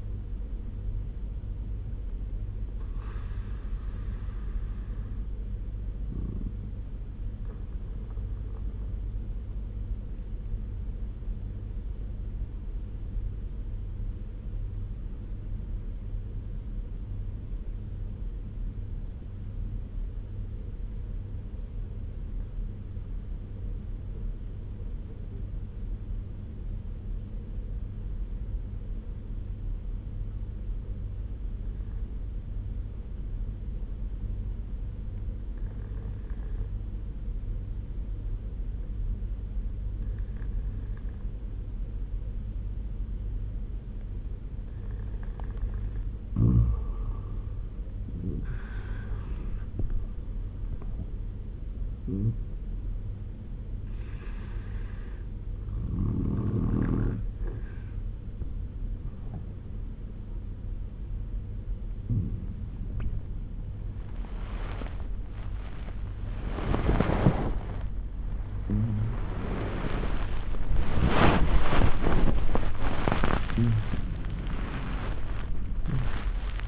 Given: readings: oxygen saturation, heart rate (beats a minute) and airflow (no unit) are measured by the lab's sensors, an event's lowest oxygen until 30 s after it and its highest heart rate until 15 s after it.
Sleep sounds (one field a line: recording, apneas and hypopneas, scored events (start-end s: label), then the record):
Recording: breathing in sleep by a smartphone at the bedside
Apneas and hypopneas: 1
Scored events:
7.00-46.10 s: obstructive apnea (N1, oxygen 97% highest, then 89% lowest)
8.00-68.00 s: new sleep stage, N2 (light sleep)
68.00-76.68 s: new sleep stage, N1 (lightest sleep)
From the record:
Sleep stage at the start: N1 (lightest sleep)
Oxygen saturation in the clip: 89 to 97%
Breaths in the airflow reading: 7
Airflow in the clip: -13.5 to 16.8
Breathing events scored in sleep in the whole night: 201 in 6.5 hours asleep